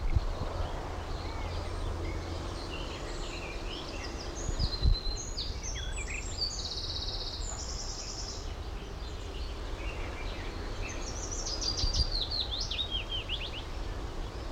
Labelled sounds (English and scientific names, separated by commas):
Garden Warbler (Sylvia borin)